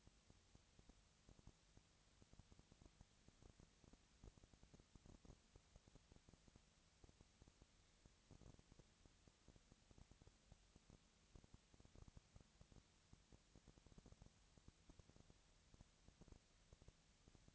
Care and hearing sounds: daily activity, microphone in the room; no activity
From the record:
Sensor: 3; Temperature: 20.4 degrees Celsius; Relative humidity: 34.4%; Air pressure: 997.0 hPa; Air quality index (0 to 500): 205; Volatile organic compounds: 68 ppm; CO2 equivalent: 3503 ppm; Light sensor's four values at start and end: 2/3/2/2 and 2/3/2/2

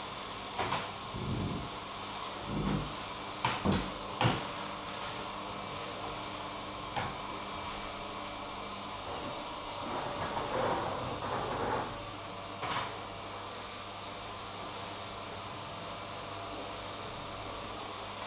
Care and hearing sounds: daily activity, microphone in the room; vacuum cleaning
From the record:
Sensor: 1

